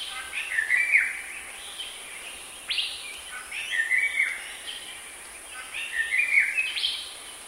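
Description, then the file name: Crow calls: rough, falling caws delivered in three loose clusters, with a constant shrill background hiss throughout. "sg gagak"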